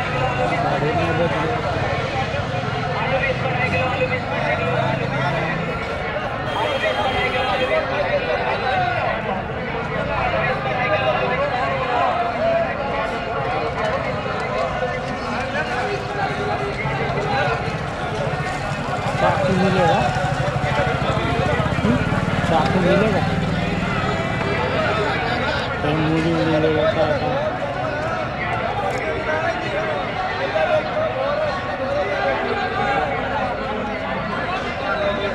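A busy evening street in the Wazirpur Industrial Area, thick with overlapping voices that never let up. Vendors' amplified calls mix with a steady low rumble of traffic, swelling slightly around the twenty-second mark, with occasional brief clatters throughout.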